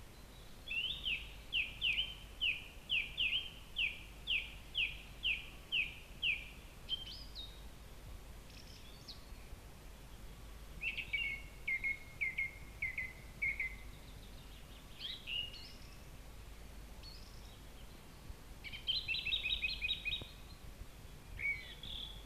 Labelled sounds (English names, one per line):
Song Thrush song